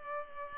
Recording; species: mosquito wingbeat signal from an infrared sensor; Culex pipiens